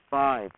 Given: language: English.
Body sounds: throat vibration sensor signal played as sound; speech

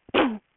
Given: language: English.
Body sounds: throat vibration sensor signal played as sound; cough

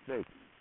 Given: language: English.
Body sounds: throat vibration sensor signal played as sound; speech

